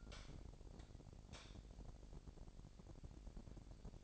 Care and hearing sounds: daily activity, microphone in the room; light on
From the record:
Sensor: 5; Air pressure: 1012.0 hPa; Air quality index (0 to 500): 246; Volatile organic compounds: 4 ppm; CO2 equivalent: 1703 ppm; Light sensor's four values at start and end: 41/95/40/42 and 42/100/42/44

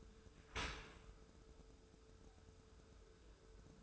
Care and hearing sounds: daily activity, microphone in the room; open dishwasher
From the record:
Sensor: 2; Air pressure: 1014.8 hPa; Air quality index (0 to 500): 26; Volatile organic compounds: 1 ppm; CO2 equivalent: 504 ppm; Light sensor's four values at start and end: 10/22/9/9 and 10/23/9/9

